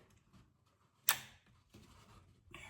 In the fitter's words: it goes clicks into place